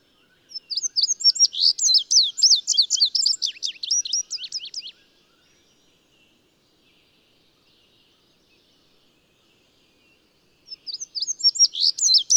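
Bird song, a fast jumble of high twittering notes for about four seconds, then long silence before the bird starts singing again.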